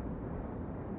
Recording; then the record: background sound without coughing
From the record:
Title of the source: Train Ride Ambience ambient white noise for sleeping, focus, studying, reading